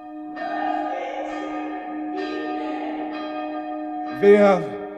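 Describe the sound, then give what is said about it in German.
A church bell, rung by someone on the bell rope up above, rings with a few deep, resonant strikes, each leaving a long humming tail of overtones, before a brief louder voice-like burst near the end. “Da oben. Am Glockenstrang.”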